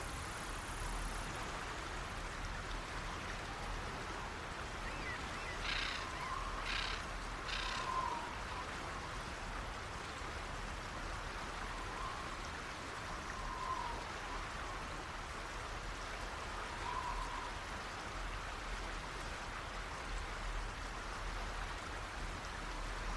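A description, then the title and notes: A steady nature ambience with a constant soft hiss, like rain or running water, holding an even level throughout. Around six to eight seconds, three short bright chirps stand out, and faint calls drift in near twelve and seventeen seconds. Relaxing Nature Ambience.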